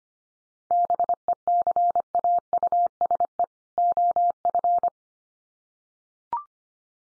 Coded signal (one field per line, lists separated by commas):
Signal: Morse code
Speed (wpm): 25 wpm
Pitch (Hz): 700 Hz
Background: none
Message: BECAUSE OF